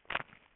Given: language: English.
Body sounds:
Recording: throat vibration sensor signal played as sound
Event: swallow

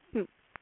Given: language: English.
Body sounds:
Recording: throat vibration sensor signal played as sound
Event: speech

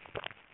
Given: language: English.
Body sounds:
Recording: throat vibration sensor signal played as sound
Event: swallow

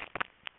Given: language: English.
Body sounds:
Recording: throat vibration sensor signal played as sound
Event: swallow

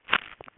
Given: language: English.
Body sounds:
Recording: throat vibration sensor signal played as sound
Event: swallow

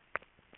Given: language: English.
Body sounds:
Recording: throat vibration sensor signal played as sound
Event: swallow

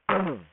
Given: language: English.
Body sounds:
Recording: throat vibration sensor signal played as sound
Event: throat clearing

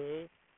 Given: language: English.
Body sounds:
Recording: throat vibration sensor signal played as sound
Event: speech

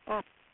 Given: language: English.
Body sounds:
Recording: throat vibration sensor signal played as sound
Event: speech

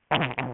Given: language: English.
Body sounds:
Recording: throat vibration sensor signal played as sound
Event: throat clearing

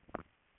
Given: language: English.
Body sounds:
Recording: throat vibration sensor signal played as sound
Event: swallow

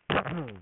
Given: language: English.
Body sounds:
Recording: throat vibration sensor signal played as sound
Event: throat clearing

